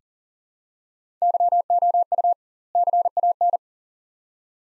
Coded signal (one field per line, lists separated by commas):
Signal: Morse code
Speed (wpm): 37 wpm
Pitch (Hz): 700 Hz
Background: none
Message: YOU CAN